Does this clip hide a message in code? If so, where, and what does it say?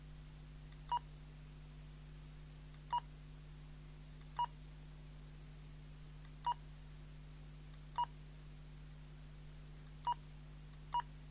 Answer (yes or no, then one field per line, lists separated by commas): no